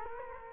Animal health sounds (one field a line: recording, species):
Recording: mosquito wingbeat signal from an infrared sensor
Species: Culex quinquefasciatus